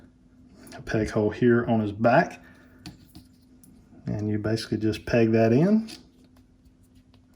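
A plastic pauldron armor piece is handled over the peg hole in the back of a Mythic Legions Lord Veteris action figure while someone talks. A few faint handling ticks sit between the phrases. The piece is not yet home, and nothing has seated or clicked yet.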